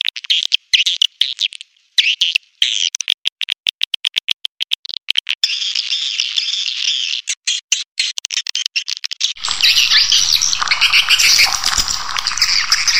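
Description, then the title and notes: Swiftlets give sharp, spaced clicks and short chirps, then break into a continuous, busy high-pitched twittering over the last few seconds. Swiftlet lure sound used in bird farming in Asia. "Swiflet Bird Sound. Farming Swiflet Bird asia sound"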